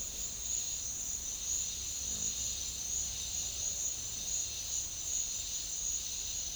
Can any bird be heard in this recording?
no